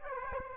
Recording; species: mosquito wingbeat signal from an infrared sensor; Aedes aegypti